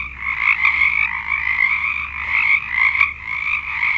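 Frog chorus of rapid trilled croaks blending into a continuous buzzing wall of sound.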